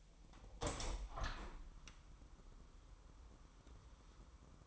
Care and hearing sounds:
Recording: daily activity, microphone in the room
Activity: open window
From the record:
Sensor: 1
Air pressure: 1000.3 hPa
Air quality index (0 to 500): 245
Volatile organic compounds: 135 ppm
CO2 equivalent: 3950 ppm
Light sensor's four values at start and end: 10/25/10/11 and 11/27/11/12

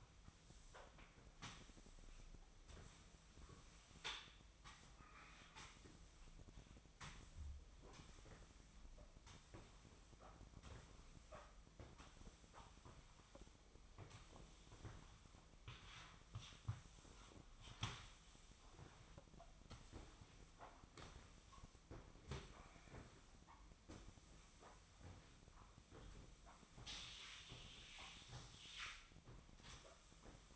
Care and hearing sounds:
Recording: daily activity, microphone in the room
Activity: sweep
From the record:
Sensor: 1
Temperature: 24.0 degrees Celsius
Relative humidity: 35.2%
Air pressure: 1004.7 hPa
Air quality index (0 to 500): 97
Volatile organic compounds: 3 ppm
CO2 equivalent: 1324 ppm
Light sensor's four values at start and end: 9/21/8/9 and 9/22/8/9

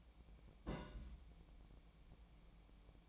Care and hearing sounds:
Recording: daily activity, microphone in the room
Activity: place on stove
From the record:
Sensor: 1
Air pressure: 1000.0 hPa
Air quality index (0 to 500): 133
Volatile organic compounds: 2 ppm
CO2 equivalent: 1260 ppm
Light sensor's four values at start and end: 38/96/40/50 and 38/96/40/50

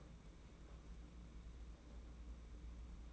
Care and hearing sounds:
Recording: daily activity, microphone in the room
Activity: open fridge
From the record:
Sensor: 1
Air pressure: 991.8 hPa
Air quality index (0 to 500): 205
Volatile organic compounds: 1000 ppm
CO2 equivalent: 7940 ppm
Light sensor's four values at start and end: 29/102/39/39 and 29/102/39/39

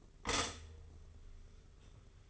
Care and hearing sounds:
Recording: daily activity, microphone in the room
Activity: stop toaster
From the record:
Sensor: 4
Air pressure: 991.5 hPa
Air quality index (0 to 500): 136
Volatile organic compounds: 53 ppm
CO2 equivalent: 3335 ppm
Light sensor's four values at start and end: 18/56/21/21 and 18/57/22/21

